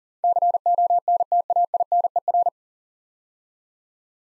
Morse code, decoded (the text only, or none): CONTAINER